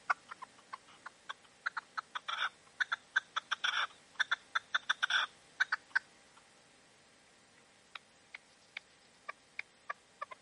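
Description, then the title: Partridge or tinamou giving sharp clicking clucks in uneven bursts, with louder rasping runs in the first half, then spaced single notes. "Canto de Perdiz. CANTO DE LA PERDIZ"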